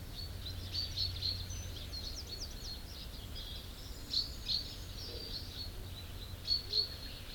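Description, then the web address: Common chaffinch: short, bright high notes in small clusters of two or three, spaced a few seconds apart, over a steady low rumble and other bird sounds. "SETE Fringilla coelebs"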